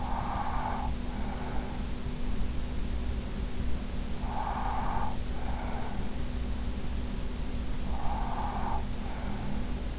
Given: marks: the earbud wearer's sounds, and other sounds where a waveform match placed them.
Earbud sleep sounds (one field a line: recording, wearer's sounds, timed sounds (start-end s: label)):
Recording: sounds in sleep by an in-ear microphone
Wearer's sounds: breath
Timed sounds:
0.00-2.16 s: breath
4.16-6.65 s: breath
7.46-9.92 s: breath